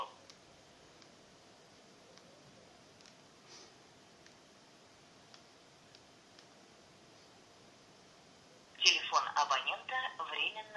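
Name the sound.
phone call being dialed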